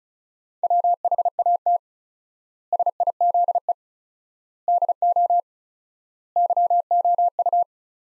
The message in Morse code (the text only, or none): WHAT SIZE DO YOU